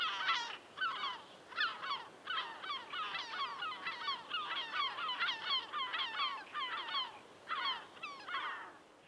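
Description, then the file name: European herring gull calls: a fast run of harsh, nasal notes, repeated in clusters with short pauses throughout. "Zilvermeeuw Larus argentatus"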